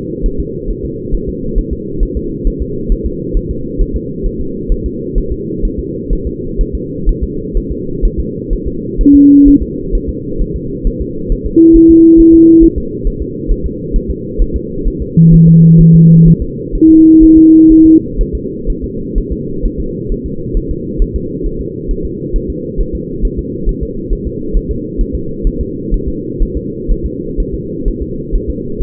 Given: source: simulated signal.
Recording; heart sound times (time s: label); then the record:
fetal heart sounds
0.26 s: S1
0.40 s: S2
0.70 s: S1
0.85 s: S2
1.15 s: S1
1.29 s: S2
1.59 s: S1
1.73 s: S2
2.03 s: S1
2.17 s: S2
2.47 s: S1
2.62 s: S2
2.92 s: S1
3.06 s: S2
3.37 s: S1
3.51 s: S2
3.81 s: S1
3.96 s: S2
4.26 s: S1
4.41 s: S2
4.72 s: S1
4.86 s: S2
5.18 s: S1
5.32 s: S2
5.65 s: S1
5.79 s: S2
6.13 s: S1
6.27 s: S2
6.61 s: S1
6.75 s: S2
7.09 s: S1
7.23 s: S2
7.57 s: S1
7.72 s: S2
8.05 s: S1
8.20 s: S2
8.53 s: S1
8.67 s: S2
9.01 s: S1
9.15 s: S2
9.48 s: S1
9.62 s: S2
9.95 s: S1
10.09 s: S2
10.41 s: S1
10.56 s: S2
10.87 s: S1
11.01 s: S2
11.32 s: S1
11.46 s: S2
11.76 s: S1
11.91 s: S2
12.20 s: S1
12.34 s: S2
12.64 s: S1
12.78 s: S2
13.07 s: S1
13.22 s: S2
13.51 s: S1
13.66 s: S2
13.96 s: S1
14.10 s: S2
14.42 s: S1
14.56 s: S2
14.88 s: S1
15.02 s: S2
15.34 s: S1
15.48 s: S2
15.81 s: S1
15.95 s: S2
16.28 s: S1
16.42 s: S2
16.75 s: S1
16.90 s: S2
17.23 s: S1
17.38 s: S2
17.72 s: S1
17.86 s: S2
18.21 s: S1
18.35 s: S2
18.70 s: S1
18.84 s: S2
19.18 s: S1
19.32 s: S2
19.66 s: S1
19.80 s: S2
20.12 s: S1
20.26 s: S2
20.57 s: S1
20.71 s: S2
21.02 s: S1
21.16 s: S2
21.46 s: S1
21.61 s: S2
21.91 s: S1
22.05 s: S2
22.36 s: S1
22.50 s: S2
22.81 s: S1
22.95 s: S2
23.25 s: S1
23.39 s: S2
23.69 s: S1
23.83 s: S2
24.13 s: S1
24.27 s: S2
24.56 s: S1
24.71 s: S2
25.01 s: S1
25.15 s: S2
25.47 s: S1
25.61 s: S2
25.94 s: S1
26.08 s: S2
26.43 s: S1
26.57 s: S2
26.91 s: S1
27.06 s: S2
27.40 s: S1
27.54 s: S2
27.88 s: S1
28.02 s: S2
28.35 s: S1
28.50 s: S2
28.83 s: S1
From the record:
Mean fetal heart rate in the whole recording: 130 bpm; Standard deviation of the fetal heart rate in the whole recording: 4 bpm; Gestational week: 38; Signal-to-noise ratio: -6.6 dB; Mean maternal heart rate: 72 bpm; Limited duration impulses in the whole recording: present